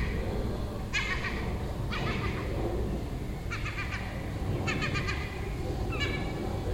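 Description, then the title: Gull chattering in several clusters of harsh, staccato notes, with a short drawn-out call near the end, over low background noise. Gull nesting on a neighbouring roof in Den Haag, calling all day for a week; recorded June 18th 2017. "Seagull Chatter (Den Haag"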